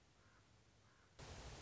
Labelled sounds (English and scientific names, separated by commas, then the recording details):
Common Raven (Corvus corax)
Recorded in Sonoma County, California